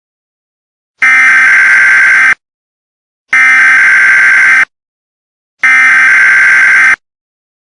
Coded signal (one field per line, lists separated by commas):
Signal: Emergency Alert System (SAME) tones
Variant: header bursts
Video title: A EAS scenario #6 Perry the platypus